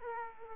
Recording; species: mosquito wingbeat signal from an infrared sensor; Aedes aegypti